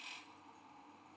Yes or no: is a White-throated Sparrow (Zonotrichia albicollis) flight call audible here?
no